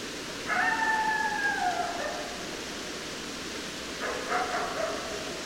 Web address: sounds mammals Coyote 2012 12 10 Coyotes